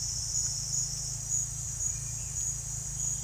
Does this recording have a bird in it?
no